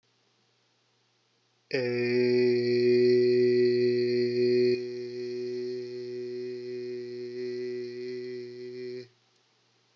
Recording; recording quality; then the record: sustained vowel as in made; excellent, no background noise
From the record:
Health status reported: COVID-19 positive, mild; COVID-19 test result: positive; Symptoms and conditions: cold, sore throat, fatigue, muscle pain, loss of smell and taste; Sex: male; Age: 20 years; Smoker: not ticked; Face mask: not worn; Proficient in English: yes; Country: United States